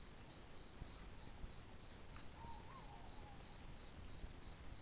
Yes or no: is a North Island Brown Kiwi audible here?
no